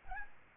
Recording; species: mosquito wingbeat signal from an infrared sensor; Aedes albopictus